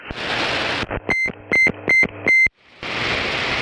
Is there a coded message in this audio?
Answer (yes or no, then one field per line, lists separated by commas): no